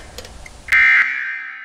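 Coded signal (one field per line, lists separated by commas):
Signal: Emergency Alert System (SAME) tones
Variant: end-of-message bursts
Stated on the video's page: Fictional EAS alert within a short film about nuclear war, shot on a Lumix G7.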